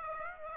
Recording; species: mosquito wingbeat signal from an infrared sensor; Aedes aegypti